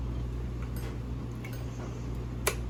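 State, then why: Seated. An attachment piece is pushed into a kitchen appliance after being turned around, with faint handling sounds before it. It clicks into place at 2.5 seconds with a short, sharp snap.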